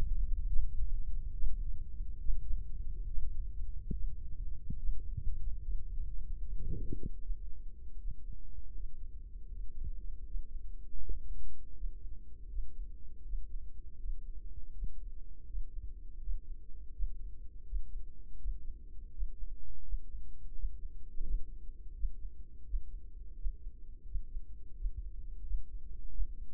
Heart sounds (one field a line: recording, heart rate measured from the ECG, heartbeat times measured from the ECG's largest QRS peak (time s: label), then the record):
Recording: heart sounds by microphone in the right ear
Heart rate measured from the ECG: 80 bpm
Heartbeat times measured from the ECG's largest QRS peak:
0.48 s: heartbeat
1.33 s: heartbeat
2.18 s: heartbeat
3.06 s: heartbeat
3.91 s: heartbeat
4.75 s: heartbeat
5.58 s: heartbeat
6.39 s: heartbeat
7.18 s: heartbeat
7.95 s: heartbeat
8.71 s: heartbeat
9.47 s: heartbeat
10.22 s: heartbeat
10.97 s: heartbeat
11.72 s: heartbeat
12.46 s: heartbeat
13.21 s: heartbeat
13.95 s: heartbeat
14.70 s: heartbeat
15.44 s: heartbeat
16.18 s: heartbeat
16.90 s: heartbeat
17.63 s: heartbeat
18.36 s: heartbeat
19.10 s: heartbeat
19.81 s: heartbeat
20.52 s: heartbeat
21.21 s: heartbeat
21.92 s: heartbeat
22.63 s: heartbeat
23.34 s: heartbeat
24.04 s: heartbeat
24.73 s: heartbeat
25.42 s: heartbeat
26.09 s: heartbeat
From the record:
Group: healthy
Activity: Valsalva maneuver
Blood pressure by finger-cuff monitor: 88/75 mmHg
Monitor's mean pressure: 79 mmHg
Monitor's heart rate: 81 bpm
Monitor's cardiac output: 6 L/min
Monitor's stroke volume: 75 mL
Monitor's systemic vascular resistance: 930 dyn s/cm5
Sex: male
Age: 57 years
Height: 188 cm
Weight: 106 kg